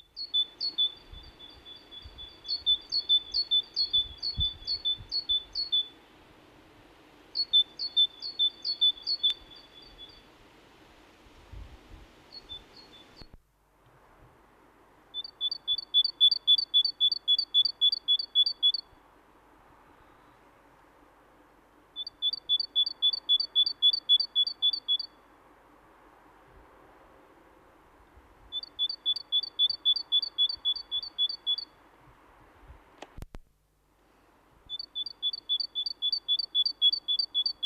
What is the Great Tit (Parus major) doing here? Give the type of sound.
song